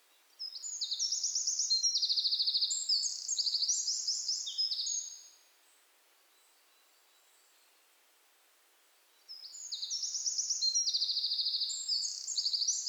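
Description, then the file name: Eurasian wren singing a fast, high, tinkling trill of rapid repeated notes for about five seconds, then a pause of several seconds before a second burst begins. "Troglodytes troglodytes"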